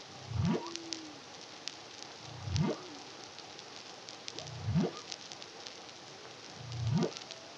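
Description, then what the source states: Humpback whale song: low upswept moans climbing steeply, four in a row about every two seconds, one followed by a short falling tone, over constant underwater crackling clicks. Recorded in the Caribbean under CARIMAM in 2023.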